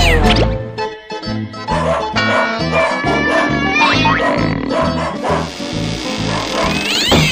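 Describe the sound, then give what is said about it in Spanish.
Several of a household's twelve cats meow and caterwaul in rising and falling yowls, loud and overlapping, over a steady, pulsing low bass rhythm that runs throughout. “¿Cuándo pensás limpiar la cagada de esos 12 gatos que tenés?”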